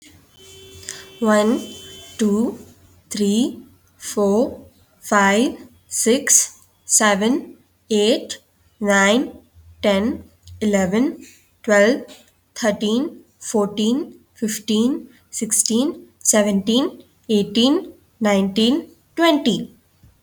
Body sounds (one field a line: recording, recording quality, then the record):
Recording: counting at a normal pace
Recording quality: excellent, no background noise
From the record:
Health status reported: healthy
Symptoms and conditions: none ticked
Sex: female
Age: 20 years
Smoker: not ticked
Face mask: not worn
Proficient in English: yes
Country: India